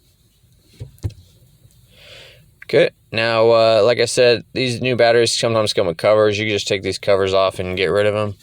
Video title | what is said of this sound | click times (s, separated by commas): 2019 CHEVY MALIBU BATTERY REPLACEMENT | straight down gently and it should click in and lock into place okay | 1.0 s, 1.1 s